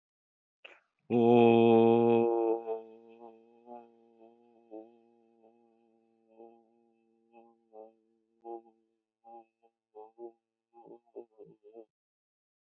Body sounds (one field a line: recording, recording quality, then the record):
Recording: sustained vowel as in boot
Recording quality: excellent, no background noise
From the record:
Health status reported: exposed to COVID-19, no respiratory illness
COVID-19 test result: not tested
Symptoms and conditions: muscle pain, hypertension, diabetes, ischaemic heart disease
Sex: male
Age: 70 years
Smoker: not ticked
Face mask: not worn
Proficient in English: yes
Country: India